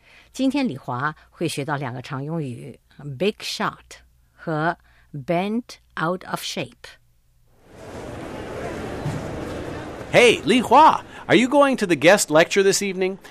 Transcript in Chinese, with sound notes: 今天李华会学到两个常用语：big shot 和 bent out of shape.
(Ambience sound in the Hallway) Hey Li Hua! Are you going to the guest lecture this evening?